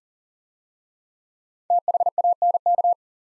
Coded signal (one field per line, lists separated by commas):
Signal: Morse code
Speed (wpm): 40 wpm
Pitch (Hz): 700 Hz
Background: none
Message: THANK